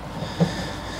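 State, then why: Not seated. A plastic assembly piece is handled as it is fitted onto the handle or body of a new digital measuring wheel during assembly. Soft handling noise sits over a low steady hum, with one brief muffled bump around 0.4 s. Nothing has seated or clicked yet.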